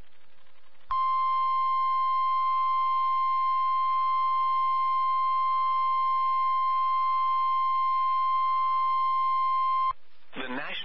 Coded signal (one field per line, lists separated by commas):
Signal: Emergency Alert System (SAME) tones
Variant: 1050 Hz attention tone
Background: speech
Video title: Severe Thunderstorm Warning #4 - 11/04/22 (EAS #2,677)